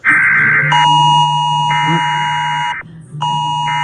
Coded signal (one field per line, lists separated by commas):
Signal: Emergency Alert System (SAME) tones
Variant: 853 and 960 Hz attention tone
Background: speech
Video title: Rating EAS alarms part 1